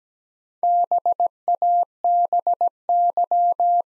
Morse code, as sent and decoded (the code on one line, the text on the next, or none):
-... .- -... -.--
BABY